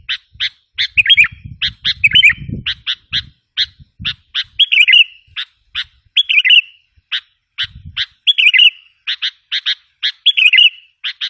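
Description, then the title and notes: Sooty-headed bulbul song: quick sharp chips mixed with bubbly warbled phrases, over a low rumbling background noise in the first few seconds. "Kicau Burung Kutilang"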